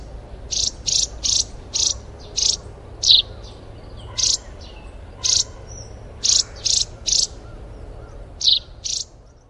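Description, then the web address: Russet sparrow chirps, about a dozen short bright notes given in loose runs throughout. "山麻雀"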